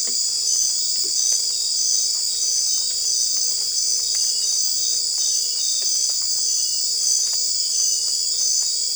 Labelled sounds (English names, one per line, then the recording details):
none
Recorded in dense forest near Puerto Asís, Putumayo, Colombia, on 22 December 2024 at 20:30
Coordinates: 0.482, -76.320
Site G021